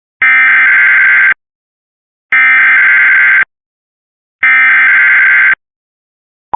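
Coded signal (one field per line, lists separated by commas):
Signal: Emergency Alert System (SAME) tones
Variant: header bursts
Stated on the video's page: Lake effect snow warning alert carried on Cox cable.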